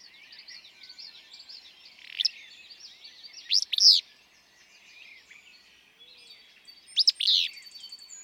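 Willow flycatcher song, sharp sneezy two-part buzzy phrases given twice clearly, once faintly, with a busy chorus of thin bird twitters behind.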